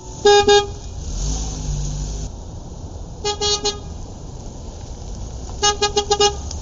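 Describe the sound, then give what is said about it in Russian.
Car horns honk in short bursts over a steady rumble of passing traffic: a quick pair of toots, another pair a few seconds later, then a rapid string of honks at the end. “«Эй, Вейн!» – взвыла сирена.”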